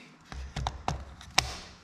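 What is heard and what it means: A phone case adapter is twisted into a Quad Lock fork stem phone mount on a BMW S1000RR motorcycle, producing several light taps and knocks between 0.3 and 1.2 s. A sharp, loud click at 1.4 s follows as the protruding tab locks the piece in place, and the phone is seated in the mount.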